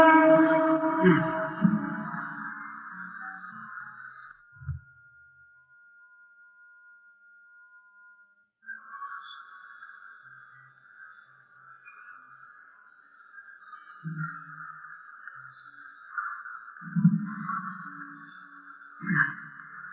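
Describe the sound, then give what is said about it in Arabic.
An Islamic call to prayer: a lone voice chants long, drawn-out melodic phrases with sustained, wavering notes, pausing briefly before resuming at a steady, moderate volume. “يعني نقرأ إن شاء الله نقرأ بعد الأذان بعض الأحاديث.”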